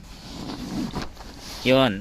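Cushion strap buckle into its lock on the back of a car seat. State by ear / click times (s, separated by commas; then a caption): not seated / none. The strap of a wooden bead car seat cushion is being handled at its plastic lock on the back of a car seat. Faint rustling and shuffling are heard while someone talks briefly near the end. Nothing has seated or clicked yet.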